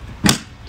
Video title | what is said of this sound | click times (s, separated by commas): Ryobi 20" Cordless Lawn Mower: Setup, Usage & Review - By A First Time User | the battery you can hear a click sound it's connected | 0.3 s